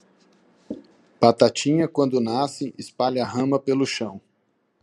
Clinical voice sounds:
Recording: short text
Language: Brazilian Portuguese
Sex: male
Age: 30 to 39 years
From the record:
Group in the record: control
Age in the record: 32 years

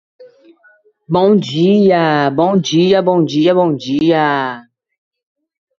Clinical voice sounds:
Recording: spoken sentence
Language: Brazilian Portuguese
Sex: female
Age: 30 to 39 years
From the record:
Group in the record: control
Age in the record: 37 years

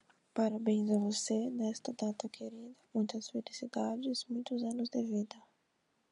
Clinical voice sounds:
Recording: short text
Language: Brazilian Portuguese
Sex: female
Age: 20 to 29 years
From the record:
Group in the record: control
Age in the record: 20 years

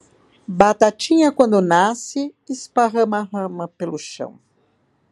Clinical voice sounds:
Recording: short text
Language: Brazilian Portuguese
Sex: female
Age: 60 to 69 years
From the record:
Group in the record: control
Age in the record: 60 years

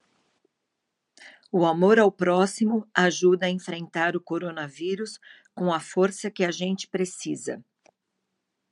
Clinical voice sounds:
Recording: spoken sentence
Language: Brazilian Portuguese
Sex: female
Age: 60 to 69 years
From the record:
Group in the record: control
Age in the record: 61 years

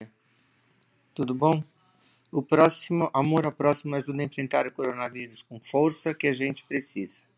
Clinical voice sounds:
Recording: spoken sentence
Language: Brazilian Portuguese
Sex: female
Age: 60 to 69 years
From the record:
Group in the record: control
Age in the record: 68 years

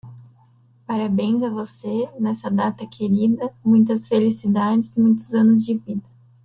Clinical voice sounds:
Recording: short text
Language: Brazilian Portuguese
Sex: female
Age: 20 to 29 years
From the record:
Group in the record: control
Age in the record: 27 years

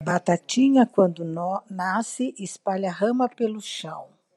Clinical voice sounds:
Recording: short text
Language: Brazilian Portuguese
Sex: female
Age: 60 to 69 years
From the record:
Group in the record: control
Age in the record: 68 years

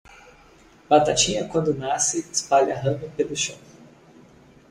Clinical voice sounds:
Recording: short text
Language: Brazilian Portuguese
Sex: male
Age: 30 to 39 years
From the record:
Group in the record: control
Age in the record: 32 years

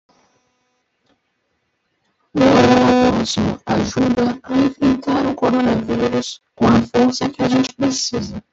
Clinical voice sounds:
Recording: spoken sentence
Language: Brazilian Portuguese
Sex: male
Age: 20 to 29 years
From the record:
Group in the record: control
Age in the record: 20 years

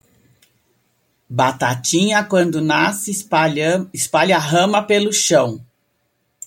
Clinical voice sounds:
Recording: short text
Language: Brazilian Portuguese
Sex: female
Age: 60 to 69 years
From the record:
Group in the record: control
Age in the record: 63 years

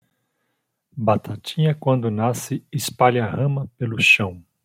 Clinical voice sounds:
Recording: short text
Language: Brazilian Portuguese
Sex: male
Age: 50 to 59 years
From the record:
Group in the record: control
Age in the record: 55 years

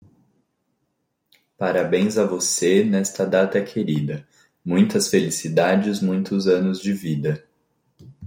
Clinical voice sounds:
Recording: short text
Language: Brazilian Portuguese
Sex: male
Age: 20 to 29 years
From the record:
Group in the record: control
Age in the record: 20 years

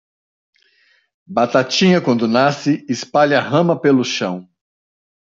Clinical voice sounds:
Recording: short text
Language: Brazilian Portuguese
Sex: male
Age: 50 to 59 years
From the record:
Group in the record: control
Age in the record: 59 years

